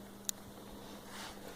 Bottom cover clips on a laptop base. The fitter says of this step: don't be scared it's just it's just clicking the uh Clips open excuse my messy floor so